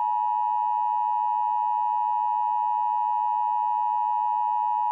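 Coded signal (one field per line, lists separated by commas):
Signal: Emergency Alert System (SAME) tones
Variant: 853 and 960 Hz attention tone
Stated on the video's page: Fictional EAS scenario remake, simulated alert.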